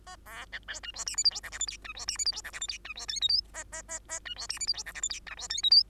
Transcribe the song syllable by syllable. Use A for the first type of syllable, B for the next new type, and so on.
A B C D E F G H I J K L M N E F G H I J K L M N E F O P Q A A A A E F G H I J K L M N E F O P Q